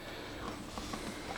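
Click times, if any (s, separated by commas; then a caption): none. An LED grow light tube is handled and fitted toward its plastic mounting clip at the first end, with soft rustling and a brief louder knock near 0.8 s over steady background noise. The clip ends before the tube goes home, so nothing has seated or clicked into the clip yet.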